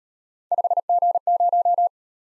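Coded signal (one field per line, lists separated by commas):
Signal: Morse code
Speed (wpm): 37 wpm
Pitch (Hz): 700 Hz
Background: none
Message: 5G0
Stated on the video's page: Morse speed drill of three letter-number combinations, starting at 1.5 times the 25 wpm base and slowing to the base, with the final repeat at maximum speed.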